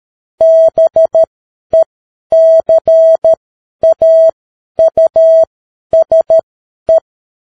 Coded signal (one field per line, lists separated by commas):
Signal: Morse code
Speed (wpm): 13 wpm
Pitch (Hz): 650 Hz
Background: none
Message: BECAUSE